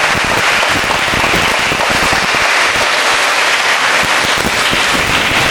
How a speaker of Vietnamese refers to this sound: Thật thì chúng con với một tràng vỗ tay thật lớn để chúng con chào đón trai giảng phòng của chúng con hôm nay.